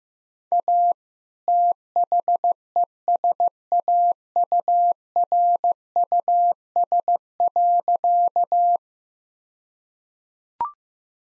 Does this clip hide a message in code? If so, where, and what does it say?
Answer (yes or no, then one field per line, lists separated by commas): yes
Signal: Morse code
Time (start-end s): 0.5-8.8 s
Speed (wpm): 15 wpm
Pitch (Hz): 700 Hz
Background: none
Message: A THESAURUS.